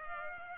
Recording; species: mosquito wingbeat signal from an infrared sensor; Culex pipiens